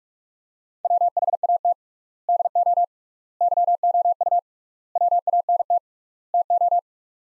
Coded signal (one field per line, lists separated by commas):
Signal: Morse code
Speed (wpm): 46 wpm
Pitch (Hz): 700 Hz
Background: none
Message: WHAT DO YOU WANT TO